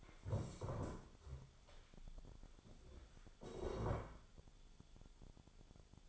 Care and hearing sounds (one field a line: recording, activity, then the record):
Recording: daily activity, microphone in the room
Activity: stand up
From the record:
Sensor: 5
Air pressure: 1015.3 hPa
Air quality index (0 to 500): 172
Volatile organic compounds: 6 ppm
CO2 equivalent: 1868 ppm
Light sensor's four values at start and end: 37/84/34/33 and 37/84/34/33